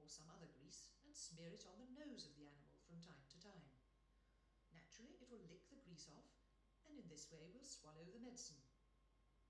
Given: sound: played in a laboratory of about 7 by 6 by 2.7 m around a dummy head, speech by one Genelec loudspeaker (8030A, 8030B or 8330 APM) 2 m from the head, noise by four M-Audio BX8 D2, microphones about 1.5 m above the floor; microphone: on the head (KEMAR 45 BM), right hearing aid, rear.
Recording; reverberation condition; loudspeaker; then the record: female speech in English; medium; 30 degrees to the right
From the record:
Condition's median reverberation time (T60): about 510 ms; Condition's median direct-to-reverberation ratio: about -0.5 dB